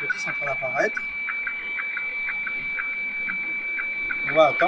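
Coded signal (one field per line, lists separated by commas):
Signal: weather fax (radiofax)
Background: speech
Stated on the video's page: Synoptic weather radiofax received in USB on a Sangean 909 SSB receiver with 6 m wire antenna, picked up by tablet's built-in microphone.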